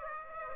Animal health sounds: mosquito wingbeat signal from an infrared sensor; Aedes aegypti

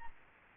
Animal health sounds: mosquito wingbeat signal from an infrared sensor; Aedes albopictus

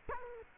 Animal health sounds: mosquito wingbeat signal from an infrared sensor; Culex quinquefasciatus

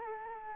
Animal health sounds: mosquito wingbeat signal from an infrared sensor; Culex quinquefasciatus

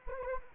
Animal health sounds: mosquito wingbeat signal from an infrared sensor; Anopheles gambiae

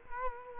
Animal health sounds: mosquito wingbeat signal from an infrared sensor; Culex quinquefasciatus

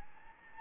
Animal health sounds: mosquito wingbeat signal from an infrared sensor; Anopheles gambiae

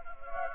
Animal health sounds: mosquito wingbeat signal from an infrared sensor; Anopheles gambiae

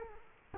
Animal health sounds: mosquito wingbeat signal from an infrared sensor; Culex quinquefasciatus

